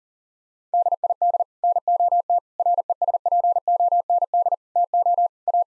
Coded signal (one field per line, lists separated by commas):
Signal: Morse code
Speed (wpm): 40 wpm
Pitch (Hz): 700 Hz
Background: none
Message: DID NOT RESPOND TO A